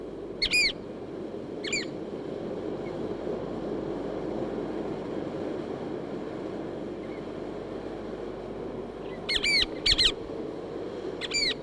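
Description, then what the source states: Chatham Island oystercatcher calling with a few short, sharp downslurred whistles, two early and a cluster near the end, separated by long stretches of steady rushing noise. Chatham Islands; described as song.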